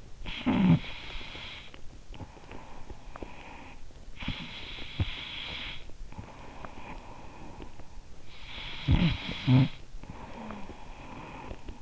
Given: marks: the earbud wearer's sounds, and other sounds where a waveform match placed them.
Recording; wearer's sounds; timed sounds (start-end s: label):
sounds in sleep by an in-ear microphone; snoring breath, breath
0.00-4.02 s: snoring breath
4.02-8.13 s: breath
8.13-11.81 s: snoring breath